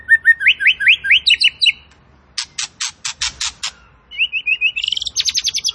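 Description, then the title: Tembakan bird song: quick rising whistled slurs repeated in a series, then a burst of harsh buzzy notes, then rapid high rising chips at a fast rhythm. Bird singing actively; recording used as a training master for cage birds. "Masteran Burung Tembakan Gacor"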